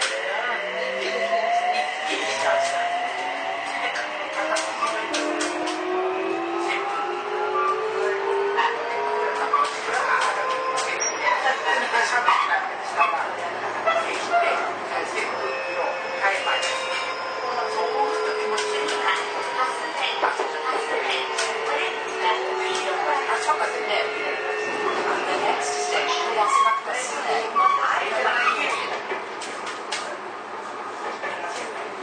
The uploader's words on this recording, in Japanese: 都営6300形 西高島平ー神保町。車体は軽量ステンレス製車体であり、JR東日本の209系車両向けに開発された2シート貼り合わせ工法を採用している。